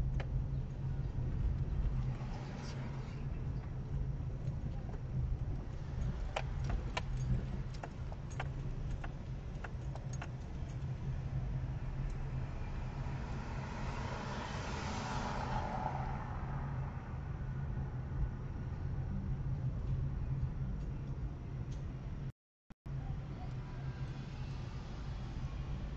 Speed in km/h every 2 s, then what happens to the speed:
19, 19, 17, 16, 17, 18, 17, 16, 18, 20, 21, 20, 17.
0-26 steady at about 18.